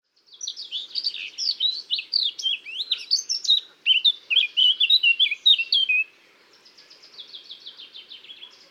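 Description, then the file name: Eurasian blackcap song: a fast, scratchy warble of varied high notes, pausing briefly near four seconds, then a softer buzzy trill to the end. "Sylvia atricapilla"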